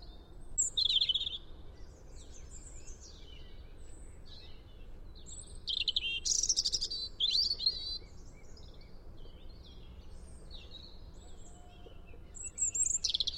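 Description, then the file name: European robin giving scattered high, thin warbling phrases and short trills in bursts, over a steady hiss of background noise. "Erithacus rubecula"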